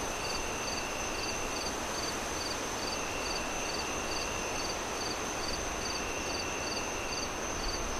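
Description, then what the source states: Cricket song of quick repeated chirps at an even pace, over a persistent high tone and constant blowing wind. Crickets chirping at night, moon rising, wind howling through trees in gusts.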